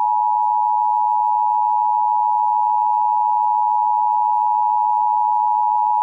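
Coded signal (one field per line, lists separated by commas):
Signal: Emergency Alert System (SAME) tones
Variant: 853 and 960 Hz attention tone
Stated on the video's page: National EAS test (NPT) and North Dakota required monthly test, received on FM broadcast stations in Fargo/Moorhead and Minneapolis/St. Paul.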